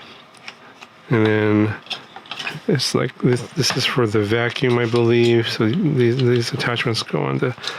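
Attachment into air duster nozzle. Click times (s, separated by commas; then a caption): 0.5 s. An attachment is pushed into the nozzle of a purple anodized aluminum Turbo Jet 2-in-1 air duster and vacuum body and rotated, giving a short sharp click at 0.5 s as it twist-locks into place. Someone then talks for the rest of the clip.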